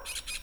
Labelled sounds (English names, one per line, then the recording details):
Brown-throated Parakeet contact call
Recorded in Venezuela
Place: Tumeremo, Edo. Bolivar; Comunidad indigena, escuela de Fe y Alegria
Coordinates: 7.209, -61.364